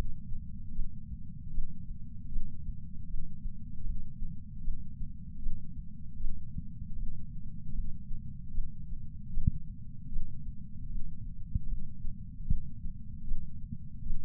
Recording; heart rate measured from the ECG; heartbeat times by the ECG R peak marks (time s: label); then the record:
heart sounds by patch sensor on the chest; 77 bpm
0.73 s: heartbeat
1.52 s: heartbeat
2.30 s: heartbeat
3.08 s: heartbeat
3.84 s: heartbeat
4.62 s: heartbeat
5.40 s: heartbeat
6.18 s: heartbeat
6.96 s: heartbeat
7.73 s: heartbeat
8.52 s: heartbeat
9.31 s: heartbeat
10.10 s: heartbeat
10.89 s: heartbeat
11.67 s: heartbeat
12.46 s: heartbeat
13.25 s: heartbeat
14.04 s: heartbeat
From the record:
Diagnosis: coronary artery disease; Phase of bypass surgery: postoperative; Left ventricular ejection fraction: 60%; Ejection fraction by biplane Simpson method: 54%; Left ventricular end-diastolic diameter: 47 mm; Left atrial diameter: 39 mm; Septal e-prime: 8.6 cm/s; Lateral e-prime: 7.5 cm/s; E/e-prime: 10.3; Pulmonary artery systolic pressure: 24 mmHg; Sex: male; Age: 75 years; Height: 168 cm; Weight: 74 kg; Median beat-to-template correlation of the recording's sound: 0.84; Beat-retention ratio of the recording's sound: 0.99